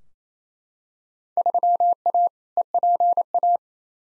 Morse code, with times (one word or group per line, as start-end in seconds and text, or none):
1.4-2.3 3A
2.6-3.6 EPA